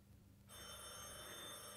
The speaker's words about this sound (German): Telefon.